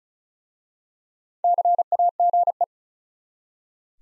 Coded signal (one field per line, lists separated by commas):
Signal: Morse code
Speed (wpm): 36 wpm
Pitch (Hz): 700 Hz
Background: none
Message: CAGE